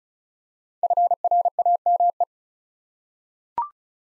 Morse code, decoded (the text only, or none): FRAME